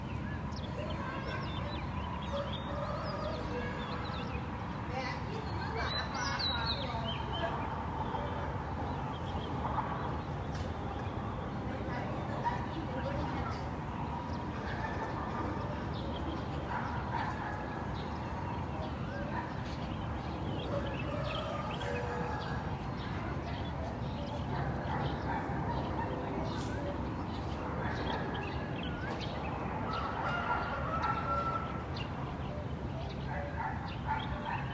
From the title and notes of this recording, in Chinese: 这段声音来自于4月23日的早晨。Kidd发来大理清晨的声音。听到陆续传出来的鸟叫声，一只，两只，三只，有的叽叽喳喳，有的布谷布谷。鸟叫狗吠鸡打鸣。都是用简单的设备录制而成，没有经过太多修饰。